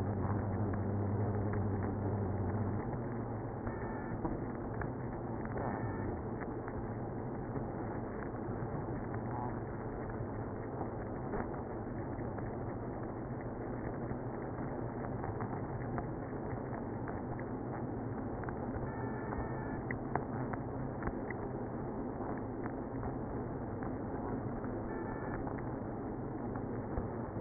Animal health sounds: honeybee colony, microphone inside the hive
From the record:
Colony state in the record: queenless (queen removed); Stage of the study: after two queens were removed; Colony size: about 60,000 bees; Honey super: yes

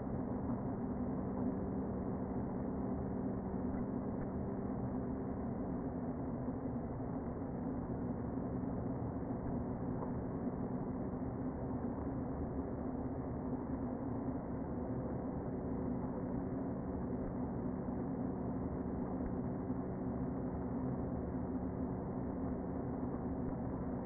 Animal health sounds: honeybee colony, microphone inside the hive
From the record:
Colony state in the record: queen present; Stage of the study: before two queens were removed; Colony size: about 60,000 bees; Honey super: yes

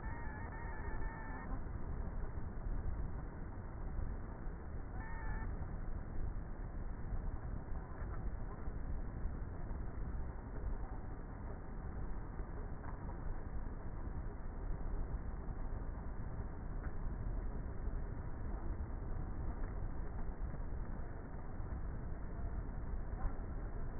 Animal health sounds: honeybee colony, microphone inside the hive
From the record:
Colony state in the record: queenless with a low population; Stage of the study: before two queens were removed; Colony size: about 30,000 bees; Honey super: no

